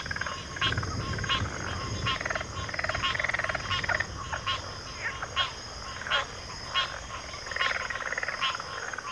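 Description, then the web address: Cricket chorus, a persistent high trill, with loud repeated croaking pulses. Cricket chorus in a backwater. "WLL Grade 1-12 Pre-Uni Library Enter Natures Songs Sleep Sounds of Nature CRICKETS 03 Backwater Chorus"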